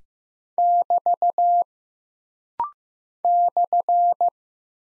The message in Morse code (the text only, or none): <BT> /